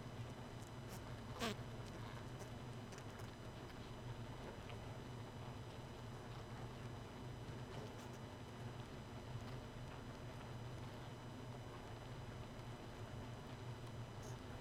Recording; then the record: honeybee colony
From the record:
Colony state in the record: missing queen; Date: 31 May 2018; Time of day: 0:37